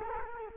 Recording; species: mosquito wingbeat signal from an infrared sensor; Culex quinquefasciatus